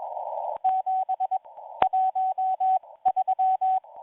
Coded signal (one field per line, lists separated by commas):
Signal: Morse code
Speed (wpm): 19 wpm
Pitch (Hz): 750 Hz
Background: radio noise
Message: 713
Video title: M01 Morse Code Numbers 10/12/2022 1500 UTC 5810kHz